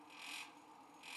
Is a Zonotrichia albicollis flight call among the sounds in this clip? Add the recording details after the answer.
no. No flight call is heard. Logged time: 06:24 on 5 December 2014